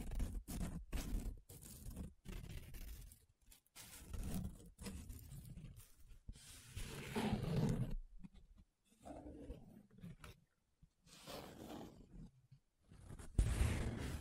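Paper being rubbed, scratched and traced in short bursts of dry, rough noise, each lasting about half a second to two seconds, separated by brief silences. The strokes vary in pressure, with some duller, heavier passages around 7 seconds and a louder, brighter scrape at the end.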